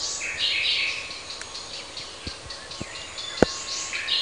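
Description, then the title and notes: Common nightingale singing short high phrases, softly, with a few sharp taps and a brief knock. Recorded in June 2003 in Parco del Roccolo park, Parabiago. "usignolo al parco del Roccolo (giugno 2003)"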